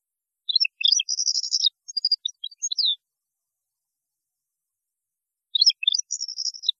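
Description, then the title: European goldfinch song: a long, lively tinkling phrase of twitters and buzzy trills, then a shorter similar phrase after a pause of a few seconds. "Chant Chardonneret"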